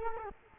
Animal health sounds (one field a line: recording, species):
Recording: mosquito wingbeat signal from an infrared sensor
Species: Culex quinquefasciatus